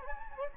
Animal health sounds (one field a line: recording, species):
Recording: mosquito wingbeat signal from an infrared sensor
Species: Anopheles gambiae